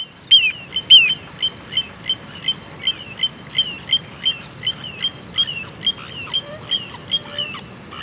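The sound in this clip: Little Ringed Plover calling in a rapid series of short, high, down-slurred notes over a faint continuous high tone.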